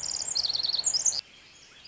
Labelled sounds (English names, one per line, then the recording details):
Pacific Wren
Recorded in Sonoma County, California